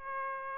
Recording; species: mosquito wingbeat signal from an infrared sensor; Aedes aegypti